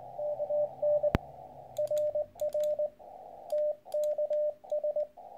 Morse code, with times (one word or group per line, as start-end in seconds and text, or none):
0.2-1.1 KN
1.8-2.9 RR
3.5-5.0 TKS